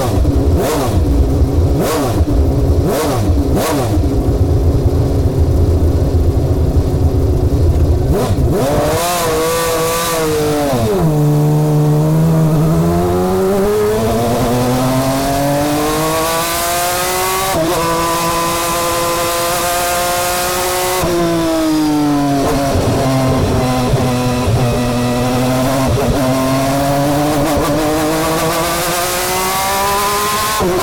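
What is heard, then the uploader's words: A V12 engine heard from inside the car on a circuit, loud and constant throughout. The first eight seconds bring sharp clicks and thuds over a low rumble, then the engine pitch sweeps up and down with gear changes near 11, 17 and 21 seconds. Ayrton Senna’s 1991 McLaren MP4-6 Honda V12 In-Car Audio at Sonoma 2023. Climb into the engine bay of Ayrton Senna's F1 world championship-winning 1991 McLaren MP4/6-Honda V12 driven by his countryman and Indy 500 winner Tony Kanaan during the 2023 edition of Velocity Invitational at Sonoma Raceway.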